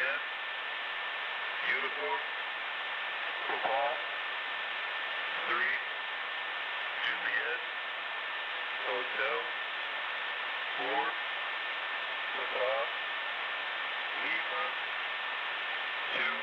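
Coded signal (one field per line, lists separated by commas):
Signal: numbers station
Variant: male voice, random letters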